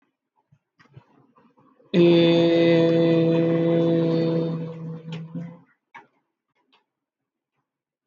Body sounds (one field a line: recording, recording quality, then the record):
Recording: sustained vowel as in made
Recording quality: excellent, no background noise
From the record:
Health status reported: COVID-19 positive, mild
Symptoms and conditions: cough, cold, breathing difficulty, fever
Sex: male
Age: 23 years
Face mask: not worn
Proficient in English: yes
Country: India